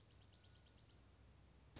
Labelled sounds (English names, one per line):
Dark-eyed Junco